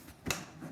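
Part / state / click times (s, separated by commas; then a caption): motorcycle seat into frame seat latch / seated / 0.3 s. A motorcycle seat is fitted to the frame with its front hooks engaged, then the rear is pushed down into the seat latch. A single sharp click sounds at 0.3 s over a quiet background, and the seat latch is locked.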